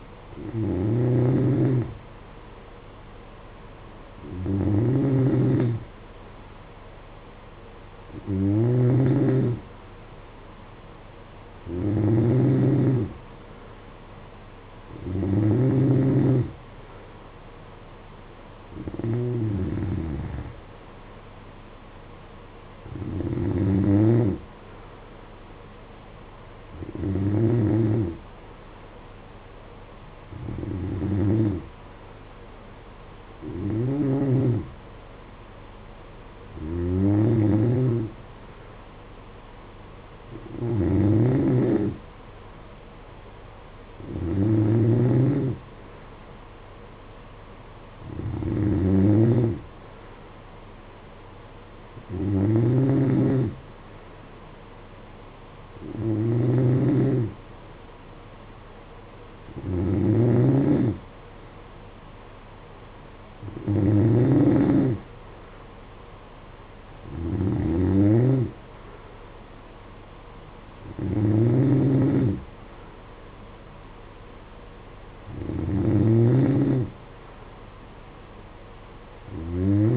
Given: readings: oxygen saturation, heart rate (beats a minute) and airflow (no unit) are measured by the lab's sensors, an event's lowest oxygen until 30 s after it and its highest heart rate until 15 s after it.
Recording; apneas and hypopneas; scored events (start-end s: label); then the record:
breathing in sleep by a voice recorder at the bedside; none
none scored
From the record:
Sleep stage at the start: N2 (light sleep); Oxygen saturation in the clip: 91 to 93%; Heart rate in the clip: 52 to 58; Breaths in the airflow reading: 21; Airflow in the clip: -8.3 to 6.8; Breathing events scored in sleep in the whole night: 476 in 9.7 hours asleep